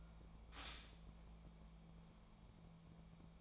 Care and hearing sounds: daily activity, microphone in the room; stop toaster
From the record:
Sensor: 1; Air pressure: 1000.3 hPa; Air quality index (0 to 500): 154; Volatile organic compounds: 3 ppm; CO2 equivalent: 1439 ppm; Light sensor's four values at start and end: 30/76/32/38 and 30/76/32/38

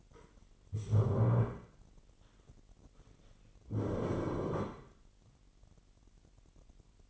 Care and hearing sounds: daily activity, microphone in the room; stand up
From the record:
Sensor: 4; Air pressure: 999.3 hPa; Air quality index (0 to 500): 112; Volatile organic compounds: 2 ppm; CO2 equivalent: 1107 ppm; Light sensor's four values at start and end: 11/26/10/11 and 11/26/10/11

